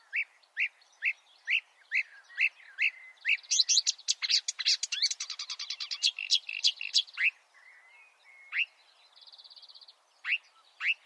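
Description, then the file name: Marsh warbler singing: a series of repeated upslurred whistles, then a dense burst of buzzy rattles and chatter, ending in scattered whistles and a short buzz. "suara-kicauan-burung-marsh-warbler -omkicau"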